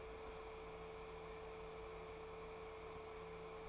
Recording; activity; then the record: daily activity, microphone in the room; open fridge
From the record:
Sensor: 1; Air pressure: 1014.9 hPa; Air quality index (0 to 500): 194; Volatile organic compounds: 22 ppm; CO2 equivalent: 2745 ppm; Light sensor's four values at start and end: 11/27/11/12 and 11/26/10/12